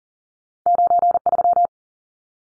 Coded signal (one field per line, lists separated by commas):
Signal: Morse code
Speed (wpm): 40 wpm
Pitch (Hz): 700 Hz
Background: none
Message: 93